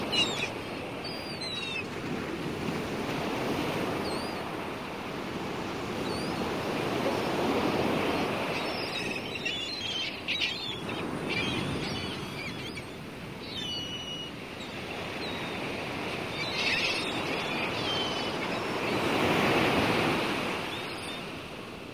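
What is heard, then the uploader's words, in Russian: Sea surf washes in continuously, a dense low rushing that swells and recedes, with louder surges around eight, twelve and twenty seconds. Faint bird calls chirp high above the roar now and then, and a light wind hiss runs throughout. Звуки моря, такие как шум морского прибоя или крики чаек.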